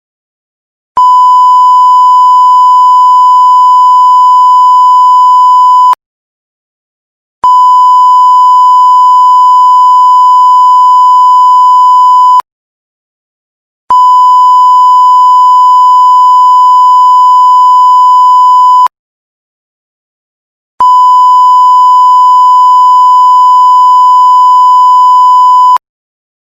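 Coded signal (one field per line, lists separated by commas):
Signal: none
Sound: censor bleep sound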